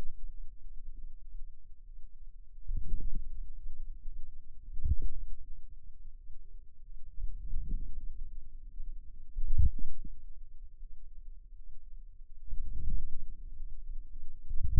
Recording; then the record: forearm muscle sounds (acoustic myography)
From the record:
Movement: outward rotation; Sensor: system 2, bracelet of six BSWA MPA416 microphones around the upper forearm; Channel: 6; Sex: female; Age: 23 years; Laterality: right